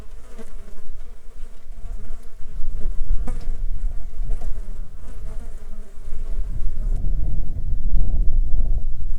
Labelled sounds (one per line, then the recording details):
wind
insects
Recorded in the Arctic National Wildlife Refuge, Alaska, on 8 July 2019 at 15:05
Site 35